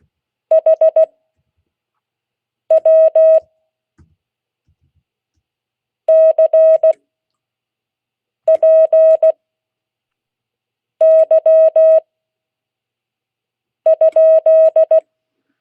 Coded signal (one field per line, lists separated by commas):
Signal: Morse code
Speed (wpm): 16 wpm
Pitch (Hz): 640 Hz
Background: none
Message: HW CPY?